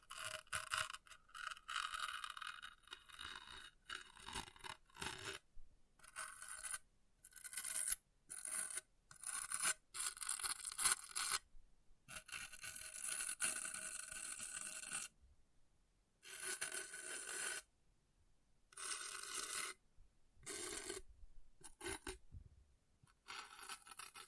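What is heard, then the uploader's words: Rough scratching of an object in short, uneven bursts, a dry rasping scrape that stops and starts with brief silent gaps throughout. ASMR Brain Melting Object Scratching (No Talking).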